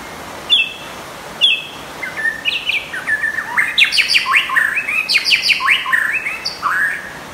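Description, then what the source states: White-rumped shama song: two short whistled notes a second apart, then a long rapid stream of sweeping whistles and clipped chirps over steady background hiss. Champion bird from a singing contest.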